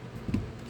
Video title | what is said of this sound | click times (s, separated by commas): Power off the prime's predaking. predaking part 5. | slide down with a little click | 0.3 s